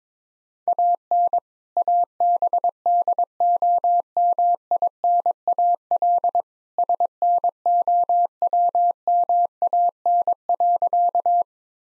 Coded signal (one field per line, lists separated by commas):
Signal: Morse code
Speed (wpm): 22 wpm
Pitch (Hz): 700 Hz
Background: none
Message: AN ABDOMINAL SNOWMAN.